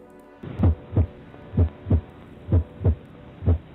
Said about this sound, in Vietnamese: Không hiểu, thứ âm thanh hỗn độn của màn đêm biến mất, chỉ còn tiếng thở thật chậm của Thảo và cái tiếng nhịp tim vẫn đang nhảy tăng gô kia.